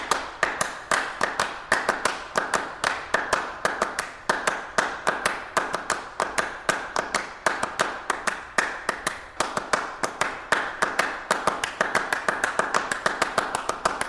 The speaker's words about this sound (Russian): Совсем недалеко от них ушла, например, классическая пьеса XX века, всеми признанный шедевр серьезной музыки — «Clapping Music», то есть музыка для хлопания в ладоши американского композитора Стива Райха.